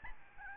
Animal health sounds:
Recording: mosquito wingbeat signal from an infrared sensor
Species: Aedes albopictus

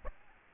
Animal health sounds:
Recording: mosquito wingbeat signal from an infrared sensor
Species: Aedes aegypti

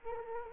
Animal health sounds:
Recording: mosquito wingbeat signal from an infrared sensor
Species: Culex quinquefasciatus

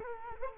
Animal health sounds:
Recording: mosquito wingbeat signal from an infrared sensor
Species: Culex quinquefasciatus

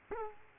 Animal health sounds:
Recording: mosquito wingbeat signal from an infrared sensor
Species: Culex quinquefasciatus

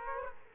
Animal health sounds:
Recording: mosquito wingbeat signal from an infrared sensor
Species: Aedes aegypti

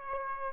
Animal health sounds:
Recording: mosquito wingbeat signal from an infrared sensor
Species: Aedes aegypti

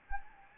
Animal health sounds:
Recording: mosquito wingbeat signal from an infrared sensor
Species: Anopheles gambiae

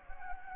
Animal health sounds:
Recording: mosquito wingbeat signal from an infrared sensor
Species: Anopheles gambiae

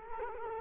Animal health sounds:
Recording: mosquito wingbeat signal from an infrared sensor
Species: Culex quinquefasciatus

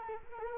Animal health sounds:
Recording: mosquito wingbeat signal from an infrared sensor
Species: Culex quinquefasciatus

